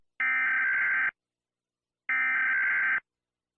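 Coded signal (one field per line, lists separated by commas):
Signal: Emergency Alert System (SAME) tones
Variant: header bursts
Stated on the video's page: Fictional EAS scenario of a California earthquake, with valid EAS tones.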